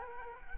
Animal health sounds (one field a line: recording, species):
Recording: mosquito wingbeat signal from an infrared sensor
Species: Culex quinquefasciatus